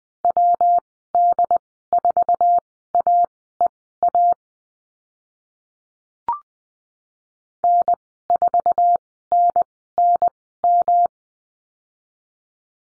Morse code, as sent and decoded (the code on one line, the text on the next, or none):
.-- -.. ....- .- . .- / -. ....- -. -. --
WD4AEA N4NNM